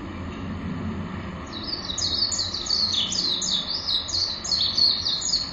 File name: メジロ 高倉